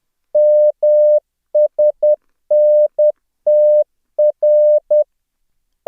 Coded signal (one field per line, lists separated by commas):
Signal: Morse code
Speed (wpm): 10 wpm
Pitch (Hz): 600 Hz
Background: none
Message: MSNTR